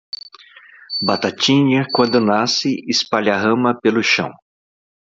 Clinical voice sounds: short text; Brazilian Portuguese; male; 50 to 59 years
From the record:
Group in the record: control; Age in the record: 56 years

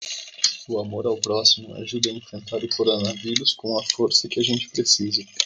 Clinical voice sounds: spoken sentence; Brazilian Portuguese; male; 20 to 29 years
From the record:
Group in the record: control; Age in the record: 23 years

